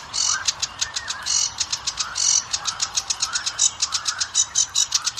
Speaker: Geht man jetzt zum Schilfrohrsänger, da ist der Gesang auch so, dass er an die Weibchen orientiert ist, aber nicht so variabel, die haben 70 Silben.